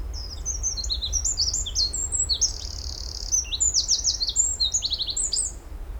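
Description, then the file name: Eurasian wren song, a long rapid outpouring of very high, sharp notes and fast buzzy trills that runs for the whole stretch over a low background rumble. "Troglodytes troglodytes"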